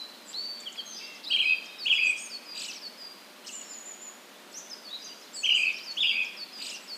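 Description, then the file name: Brown-headed thrush song in two bursts, each a pair of bright whistled phrases, separated by a pause, with thin high notes throughout. "akahara"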